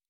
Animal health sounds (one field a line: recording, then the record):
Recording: hydrophone in a shrimp aquaculture tank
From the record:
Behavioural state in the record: normal